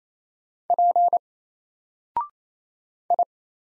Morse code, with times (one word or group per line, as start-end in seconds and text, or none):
0.7-1.2 P
3.1-3.2 I